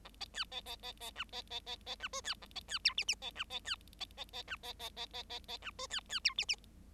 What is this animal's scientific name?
Lonchura striata domestica